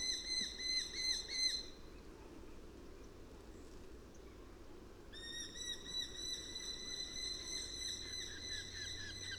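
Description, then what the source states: Eurasian hobby giving quick repeated whistled notes, a short burst at the start then a longer steady run after a pause, over noticeable background noise. Calls from an adult perched in a tree.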